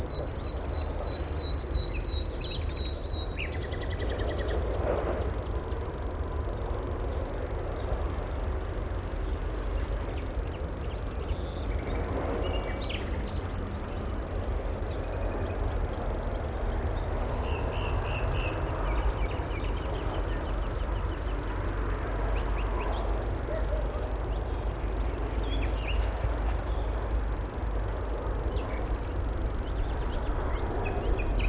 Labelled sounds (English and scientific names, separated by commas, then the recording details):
Common Grasshopper Warbler (Locustella naevia) song
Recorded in the wild
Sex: male
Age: adult
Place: Malchower Aue, Berlin, DE
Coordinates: 52.5667, 13.4833
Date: 1990-05-16 21:33
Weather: 14,5 °C
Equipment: Uher 4400 Report Monitor, Sennheiser MKH 416 T
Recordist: Frommolt, Karl-Heinz